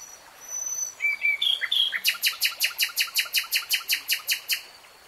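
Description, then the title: Nightingale singing a few thin whistles, then a fast, even rattle of many loud, clicking notes over a faint background. Singing in real time. "[Tiếng chim hót] 3 Hours REALTIME Nightingale Singing"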